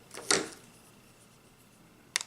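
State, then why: Seated. A T-Com VB X2 Bluetooth helmet intercom unit is slid onto its plastic clip mount on the helmet, with a rustling scrape around 0.3 s. A sharp click at 2.2 s, followed by a faint second tick, marks it snapping into place, and the unit is seated.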